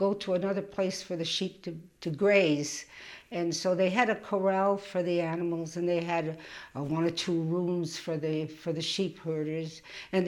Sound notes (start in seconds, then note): none